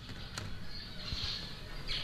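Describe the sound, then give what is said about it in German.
Faint, high-pitched chirps of zebra finches kept as research animals in an institute building come in short, scattered bursts over a steady background hiss and low rumble, with no one speaking. “Schon auf der Kellertreppe des Institutsgebäudes klingt einem das Gezwitscher der Versuchstiere ins Ohr.”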